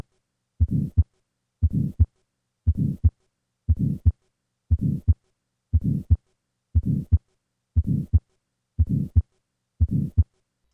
The murmur of right ventricular outflow obstruction as heard in tetralogy of Fallot. Unusual about this ejection murmur is that its intensity and duration are inversely related to the amount of obstruction. The obstruction increases, the murmur becomes shorter, softer, and peaks in early systole, reflecting decreased flow through the pulmonary trunk.